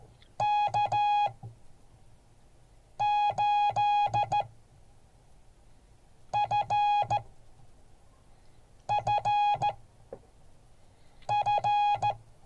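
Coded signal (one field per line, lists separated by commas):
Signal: Morse code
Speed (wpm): 14 wpm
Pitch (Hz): 830 Hz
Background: music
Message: K8FFF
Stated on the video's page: Morse code class.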